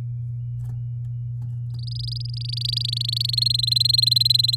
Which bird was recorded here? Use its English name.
Domestic Canary